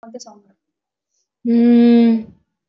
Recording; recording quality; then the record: sustained vowel as in made; poor, much background noise or distortion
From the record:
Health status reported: recovered from COVID-19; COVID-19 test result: positive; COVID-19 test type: RT-PCR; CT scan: not taken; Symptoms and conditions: cough, cold, fever, loss of smell and taste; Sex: female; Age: 36 years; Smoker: no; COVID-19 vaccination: both doses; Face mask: worn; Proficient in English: yes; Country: India